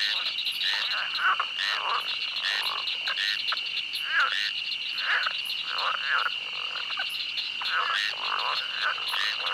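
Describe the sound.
Chorus of frogs giving repeated, overlapping croaks in bursts, over a constant high-pitched whine in the background.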